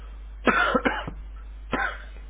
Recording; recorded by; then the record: voluntary cough; telephone call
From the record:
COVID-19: positive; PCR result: checked with the laboratory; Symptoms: yes